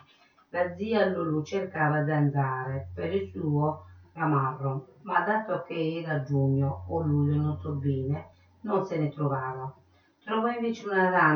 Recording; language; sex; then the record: read passage; Italian; female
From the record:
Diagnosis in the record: Parkinson's disease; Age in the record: 63 years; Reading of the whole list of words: 61 s, 4.6 characters per second